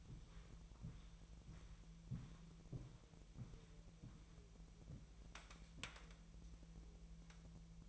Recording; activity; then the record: daily activity, microphone in the room; walk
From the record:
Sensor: 1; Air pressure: 1002.0 hPa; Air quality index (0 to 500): 238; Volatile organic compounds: 95 ppm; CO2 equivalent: 3722 ppm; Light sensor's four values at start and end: 8/19/8/9 and 8/20/8/9